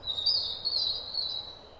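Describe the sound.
Robin song: a short, very high, thin warbled phrase with quick wavering notes, fading out at the end, against light background noise.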